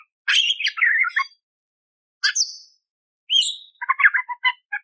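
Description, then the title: Budgerigar: a harsh squawking phrase, then a squeak and a whistled note. A quick run of clicking chatter follows. Masteran training song for magpie-robins (kacer); clear, constantly singing (gacor) bird with rough 'tembakan' (shot) fill phrases. "Masteran Burung Parkit Gacor Jernih Isian Tembakan Kasar Cocok Buat Kacer"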